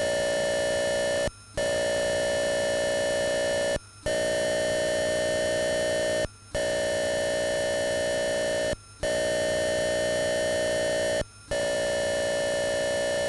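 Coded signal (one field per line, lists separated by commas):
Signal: computer data on cassette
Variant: Atari 8-bit cassette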